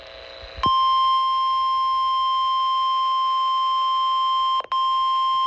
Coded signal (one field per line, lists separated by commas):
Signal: Emergency Alert System (SAME) tones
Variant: 1050 Hz attention tone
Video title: NOAA Weather Radio Severe Thunderstorm Watch 482 (Fairmont, WV)